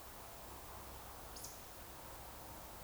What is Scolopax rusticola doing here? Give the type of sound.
whistle